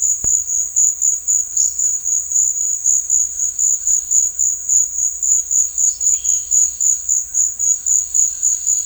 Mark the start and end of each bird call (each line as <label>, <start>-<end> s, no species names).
bird call, 5.72-6.43 s